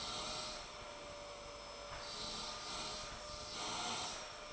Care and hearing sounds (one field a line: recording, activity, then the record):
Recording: daily activity, microphone in the room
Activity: vacuum cleaning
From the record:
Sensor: 5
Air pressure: 1007.8 hPa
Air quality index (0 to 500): 95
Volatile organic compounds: 1 ppm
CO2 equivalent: 748 ppm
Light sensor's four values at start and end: 35/82/33/33 and 35/83/34/34